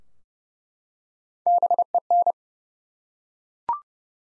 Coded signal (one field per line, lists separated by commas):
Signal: Morse code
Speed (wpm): 30 wpm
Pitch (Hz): 700 Hz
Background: none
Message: BEN